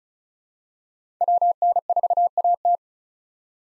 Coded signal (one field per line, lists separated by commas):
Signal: Morse code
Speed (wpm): 34 wpm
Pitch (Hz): 700 Hz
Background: none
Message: WN4AT